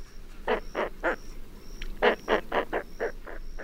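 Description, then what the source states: Roseate spoonbill calls: a run of low, rough grunting clucks in short bursts, over an intermittent thin high tone in the background. The pinkest bird; lives year-round along the Gulf of Mexico.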